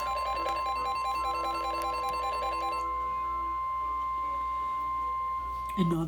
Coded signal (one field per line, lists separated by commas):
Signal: Emergency Alert System (SAME) tones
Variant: 1050 Hz attention tone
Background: speech, music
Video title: EAS #7 Severe Thunderstorm Warning KEC65 Midland 74-200